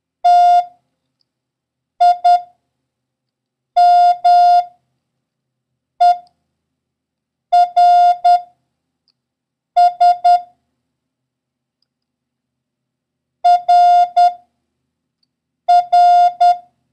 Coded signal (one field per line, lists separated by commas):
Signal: Morse code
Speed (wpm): 10 wpm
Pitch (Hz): 710 Hz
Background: none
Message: TIMERS RR